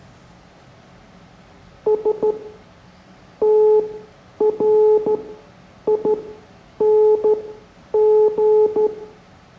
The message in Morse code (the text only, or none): STRING